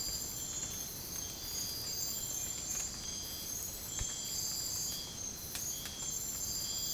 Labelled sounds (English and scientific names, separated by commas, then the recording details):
none
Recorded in dense forest near Puerto Asís, Putumayo, Colombia, on 30 June 2025 at 05:00
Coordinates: 0.503, -76.323
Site G059